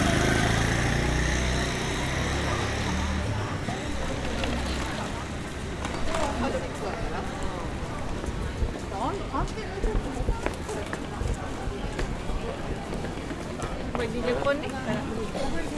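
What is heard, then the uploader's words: Nishiki Market in Kyoto, full of a steady murmur of voices and crowd noise. For the first five seconds a low rumbling drone sits underneath, then fades, leaving the chatter with scattered clicks, footsteps and brief sharper sounds through to the end. Nishiki Market (錦市場), Kyoto, Japan.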